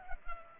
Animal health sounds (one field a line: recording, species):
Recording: mosquito wingbeat signal from an infrared sensor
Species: Culex pipiens